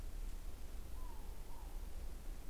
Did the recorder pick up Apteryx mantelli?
no